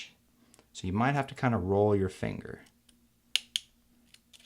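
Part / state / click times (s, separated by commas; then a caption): laptop keycap onto keyboard retainer clips / seated / 3.4 s, 3.6 s. A replacement delete keycap on a mid-2010 13-inch MacBook Pro (A1278, 2.66 GHz, MC375) is pressed down onto the keyboard retainer, with the finger rolled so all the clips underneath catch, while someone talks. Two sharp snaps follow at 3.4 s and 3.6 s as the keycap seats.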